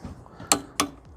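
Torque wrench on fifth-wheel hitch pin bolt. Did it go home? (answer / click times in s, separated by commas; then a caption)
yes / 0.5 s, 0.8 s. A torque wrench set to 80 lb is pulled on a steel pin bolt of an RV fifth-wheel hitch head. Two sharp, bright clicks ring out at 0.5 s and 0.8 s, with only faint ticks around them. The wrench clicks at its setting, confirming the bolt is torqued to 80 lb.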